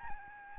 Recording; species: mosquito wingbeat signal from an infrared sensor; Aedes albopictus